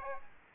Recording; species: mosquito wingbeat signal from an infrared sensor; Aedes aegypti